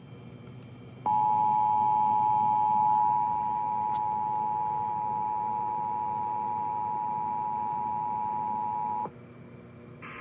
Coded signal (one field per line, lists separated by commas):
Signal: Emergency Alert System (SAME) tones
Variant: 853 and 960 Hz attention tone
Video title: EAS Tests and one FFW from 8/24/22